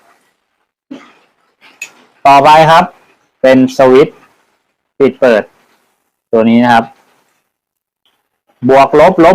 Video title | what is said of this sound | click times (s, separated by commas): จักรยานไฟฟ้า - ต่อสายไฟกล่อง Control - electric bike wiring 24V250W | มันจะเข้าล็อคพอดี | 1.8 s